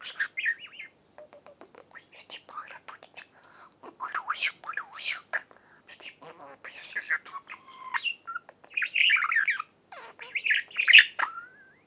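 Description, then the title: Budgerigar chatter: scratchy warbles, clicks and short whistled notes mixed in irregular bursts. "Budgie Sounds"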